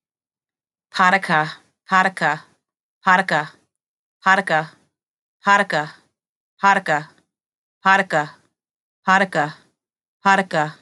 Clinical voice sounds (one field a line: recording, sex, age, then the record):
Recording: repeated syllables /pa ta ka/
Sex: female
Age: 30 to 39 years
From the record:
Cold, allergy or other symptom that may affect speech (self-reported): no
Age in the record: 38 years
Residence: United States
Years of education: 12